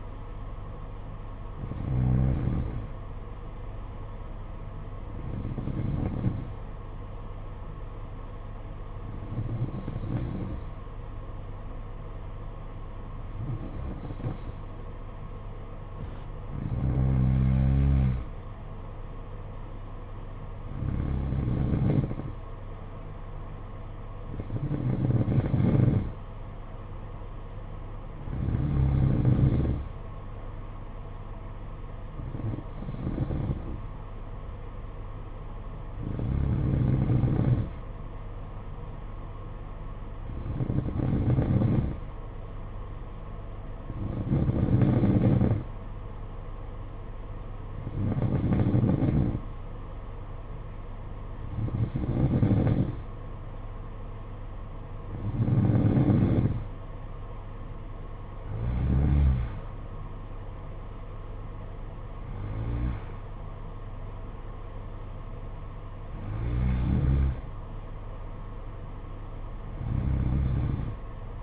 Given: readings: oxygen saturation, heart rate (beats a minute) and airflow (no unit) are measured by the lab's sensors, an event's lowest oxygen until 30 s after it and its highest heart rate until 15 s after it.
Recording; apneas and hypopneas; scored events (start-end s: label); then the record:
breathing in sleep by a smartphone at the bedside; none
61.00-71.43 s: new sleep stage, N2 (light sleep)
From the record:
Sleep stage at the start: N1 (lightest sleep); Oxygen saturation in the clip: 90 to 93%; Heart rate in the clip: 53 to 61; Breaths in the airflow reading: 19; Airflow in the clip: -7.3 to 7.4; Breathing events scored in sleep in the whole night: 476 in 9.7 hours asleep